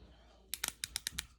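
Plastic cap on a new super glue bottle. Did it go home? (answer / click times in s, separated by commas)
yes / 0.5 s, 0.6 s, 0.8 s, 1.0 s, 1.1 s, 1.2 s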